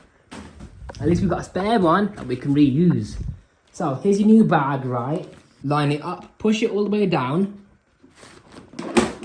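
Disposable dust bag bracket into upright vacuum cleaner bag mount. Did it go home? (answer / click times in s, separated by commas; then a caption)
yes / 9.0 s. Someone talks while a new paper dust bag is lined up and its cardboard/plastic bracket is pushed all the way down onto the bag mount inside an Oreck XL5 Xtended Life Hypoallergenic upright vacuum cleaner. Short sharp sounds come near the end, and the bracket clicks into place at 9.0 s, seating the bag.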